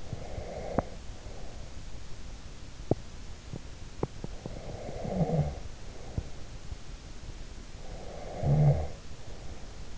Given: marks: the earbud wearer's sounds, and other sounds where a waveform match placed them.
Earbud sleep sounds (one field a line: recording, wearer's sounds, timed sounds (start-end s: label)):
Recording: sounds in sleep by an in-ear microphone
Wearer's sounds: breath, teeth grinding, snoring breath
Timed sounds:
0.00-1.77 s: breath
2.80-3.08 s: teeth grinding
3.45-4.31 s: teeth grinding
4.46-6.43 s: breath
6.00-6.43 s: teeth grinding
7.71-9.89 s: snoring breath